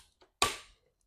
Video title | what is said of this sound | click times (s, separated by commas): Watch me unbox my oraimo cybervac 180w wireless vacuum cleaner. #vacuumcleaner #homedecor | Oh, okay. You guys heard it click, right? So, I guess that is done. | 0.4 s